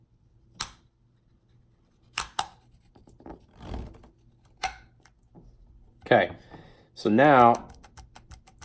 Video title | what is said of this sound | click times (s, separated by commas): Flint Rock Precision- Griffin Armament Optimus Review | Once all these click into place and you can't rotate it, then you know you're aligned. | 0.6 s, 2.4 s, 4.6 s